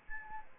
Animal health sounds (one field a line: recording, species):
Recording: mosquito wingbeat signal from an infrared sensor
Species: Aedes albopictus